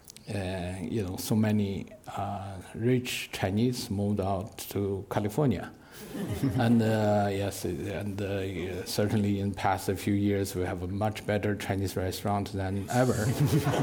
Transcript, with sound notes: you know, so many rich Chinese moved out to California.
[Laughter]
And certainly in the past few years we have a much better Chinese restaurant than ever.